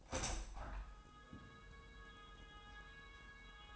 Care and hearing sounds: daily activity, microphone in the room; open window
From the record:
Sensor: 2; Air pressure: 999.7 hPa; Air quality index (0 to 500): 219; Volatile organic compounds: 48 ppm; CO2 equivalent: 3266 ppm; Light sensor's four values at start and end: 8/19/8/8 and 8/20/8/8

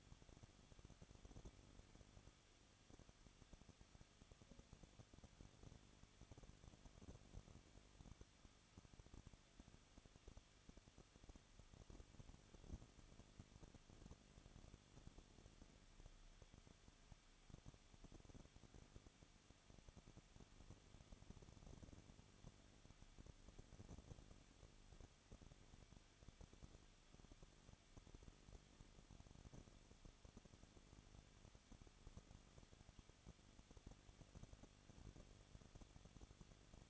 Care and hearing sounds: daily activity, microphone in the room; no activity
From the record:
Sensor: 4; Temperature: 23.0 degrees Celsius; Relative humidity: 34.6%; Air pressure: 1007.2 hPa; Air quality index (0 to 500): 215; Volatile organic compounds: 15 ppm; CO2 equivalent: 2499 ppm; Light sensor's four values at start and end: 2/3/1/1 and 2/3/1/1

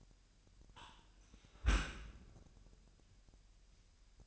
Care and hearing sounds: daily activity, microphone in the room; close dishwasher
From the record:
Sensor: 2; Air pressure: 998.2 hPa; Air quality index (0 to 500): 147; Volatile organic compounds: 4 ppm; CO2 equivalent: 1663 ppm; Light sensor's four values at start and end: 10/30/12/11 and 10/30/12/11

